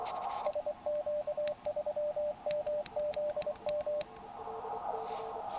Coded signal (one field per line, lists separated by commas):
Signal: Morse code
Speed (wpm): 24 wpm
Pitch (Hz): 600 Hz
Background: radio noise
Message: SQ3MZM